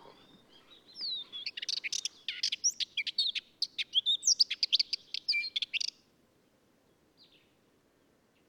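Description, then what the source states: Ménétries's warbler gives a hurried, rattling song of sharp chips and scratchy warbled notes lasting about five seconds, then near silence. Song delivered from a clifftop.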